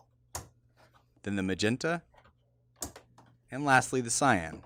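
A yellow plastic ink cartridge is pushed into its slot in the carriage of an HP OfficeJet Pro 6978 printer and snaps home with one sharp click at 0.4 s, seating it in place. Someone talks before and after, with a few fainter ticks in between.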